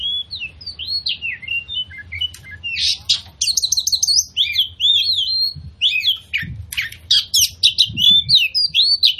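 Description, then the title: Oriental magpie-robin song, a rich run of varied whistled phrases, slurred notes and harsh buzzy bursts, delivered continuously with hardly a break. Song used as a lure to provoke other magpie-robins into aggression, tail-spreading and fighting display; full 'tembakan' bursts. "KACER NGOTOT FULL TEMBAKAN. Pancingan Kacer Gacor Plong Plongan Buat Kacer Lain Auto Emosi Buka Ekor Ngobra"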